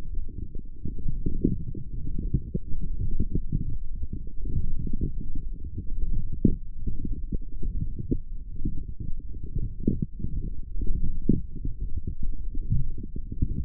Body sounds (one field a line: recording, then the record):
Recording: forearm muscle sounds (acoustic myography)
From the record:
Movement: forearm pronation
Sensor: system 1, eight BSWA MPA416 microphones around the upper forearm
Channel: 8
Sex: male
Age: 23 years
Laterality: right